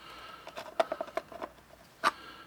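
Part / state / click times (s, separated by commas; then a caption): plastic shell latch on a paintball loader / not seated / none. A plastic shell latch on an Empire Halo Pro paintball loader is handled, with the tab found in the lock position, while the shell part is being pushed down. Several light plastic taps and rattles are heard, ending in a sharper clack near 2.1 seconds. Nothing has seated or clicked into place yet.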